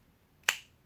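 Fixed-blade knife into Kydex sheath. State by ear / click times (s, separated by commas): seated / 0.5 s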